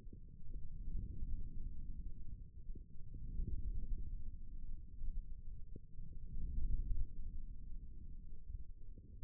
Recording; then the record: forearm muscle sounds (acoustic myography)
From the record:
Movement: forearm supination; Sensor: system 1, eight BSWA MPA416 microphones around the upper forearm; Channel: 1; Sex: male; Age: 28 years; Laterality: right